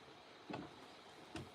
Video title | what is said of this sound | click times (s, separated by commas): LIVE! Let’s Talk About Anything! The Boys, The UFC! Theories! Upcoming Videos! | Then it kind of locks into place. | 0.5 s, 1.4 s